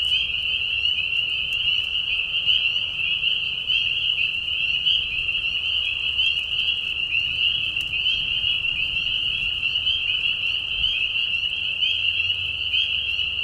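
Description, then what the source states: Chorus of spring peepers, high shrill whistles overlapping without pause, a constant bright trill over a soft low rumble. Peeper frogs giving mating calls in a marsh at night during a very short spring season, Tiny Marsh Conservation Area, Tiny, Ontario; high whistles at low volume.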